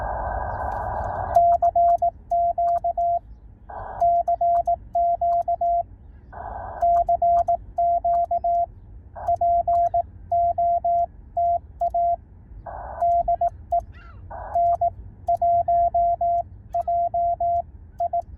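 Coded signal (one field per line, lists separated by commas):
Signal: Morse code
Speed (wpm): 18 wpm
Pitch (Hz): 690 Hz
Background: radio noise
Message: CQ CQ CQ POTA DE N1JI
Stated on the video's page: POTA park activation from a car at Niagara Falls State Park using a KH1, plus mobile POTA hunting.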